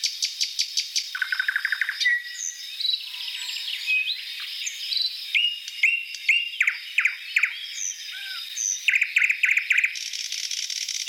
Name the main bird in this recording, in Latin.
Luscinia luscinia